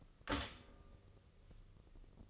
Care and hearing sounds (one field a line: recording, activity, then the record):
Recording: daily activity, microphone in the room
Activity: stop toaster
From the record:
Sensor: 4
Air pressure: 996.0 hPa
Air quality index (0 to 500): 70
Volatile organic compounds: 2 ppm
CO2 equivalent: 1284 ppm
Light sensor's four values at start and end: 10/23/9/10 and 10/23/9/10